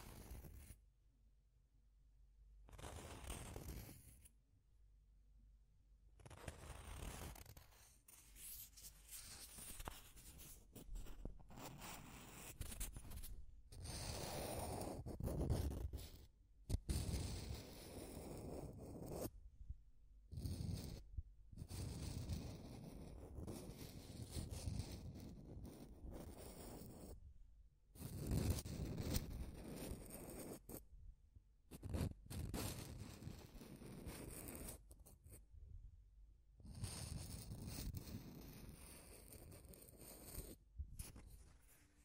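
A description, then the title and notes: Deep scratching fills the clip in dense, rough bursts of scraping that run from low rumble up to bright hiss. The strokes come in irregular runs, often broken by short silent gaps, roughly every few seconds, with some strokes louder and sharper than others. ASMR Deep Scratching.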